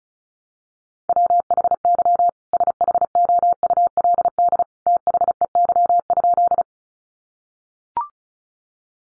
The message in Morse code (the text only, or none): WHY SHOULD THEY?